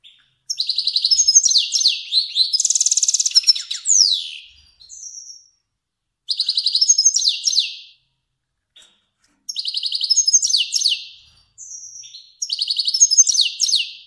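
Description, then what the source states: Finch song with rapid high trills, a dense rolling buzz and quick descending notes, repeated in several bursts. Kermani finch.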